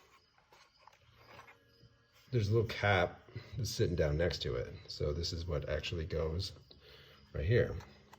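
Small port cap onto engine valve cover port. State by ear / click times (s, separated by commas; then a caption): not seated / none. A small rubber or plastic vacuum port cap that had fallen off sits beside a port on the valve cover of a BMW E90 with an N55 engine, about to be pushed on by hand during a valve cover replacement. Someone talks over quiet background handling, with only faint taps near the start and very end. Nothing has seated or clicked yet.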